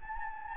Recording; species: mosquito wingbeat signal from an infrared sensor; Anopheles gambiae